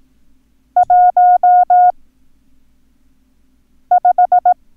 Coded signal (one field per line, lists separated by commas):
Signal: Morse code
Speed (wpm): 18 wpm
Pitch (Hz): 720 Hz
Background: none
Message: 1 5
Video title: Learn Morse Code - Numbers - Lesson 4